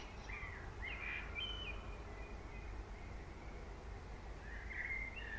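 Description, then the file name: Common blackbird's fluted warbling phrase early on and another near the end, soft and mellow, set against a steady low hum. "Turdus merula"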